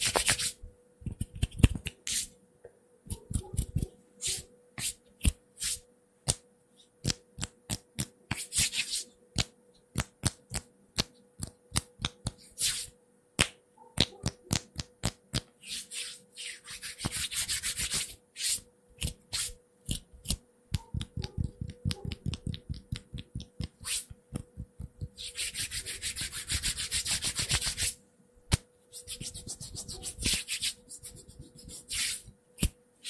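Fast, unpredictable hand sounds: quick rubbing and brushing strokes, some short and clipped, others swelling into longer dry hisses around the middle and near 25 seconds. The rhythm keeps shifting without settling, over a faint steady hum underneath.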